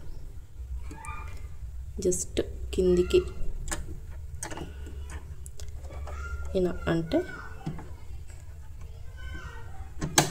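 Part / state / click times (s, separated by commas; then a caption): presser foot into sewing machine foot holder / seated / 10.2 s. Someone talks while placing a presser foot under the foot holder of an Usha Janome Wonder Stitch domestic sewing machine and lowering the holder onto it, with a few soft handling sounds along the way. At 10.2 s the foot snaps on with a sharp click, and it is seated and locked.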